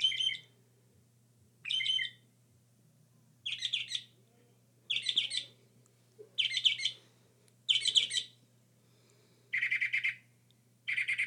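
Northern mockingbird delivering separate phrases every second or two, each a burst of quick scratchy, rattling notes that change in character between phrases, above a low hum.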